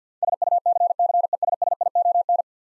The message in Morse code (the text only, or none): SUCCESSION